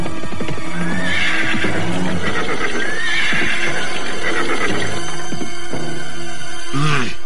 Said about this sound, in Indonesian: Nah, lihatlah itu. Dua orang penunggang kuda menuju kemari.